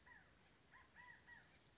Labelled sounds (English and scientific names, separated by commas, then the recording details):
California Quail (Callipepla californica)
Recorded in Sonoma County, California